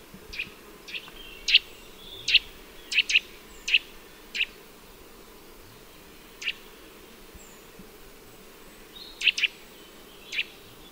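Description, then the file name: Eurasian nuthatch uttering sharp, clipped call notes, irregularly spaced with some doubled, against steady low background noise. "Sitta europaea"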